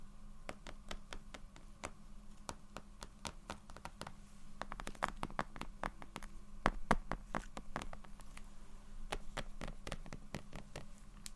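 Soft, sharp taps come in quick uneven runs, thickest around the middle, over a steady low hum with faint scratching between them.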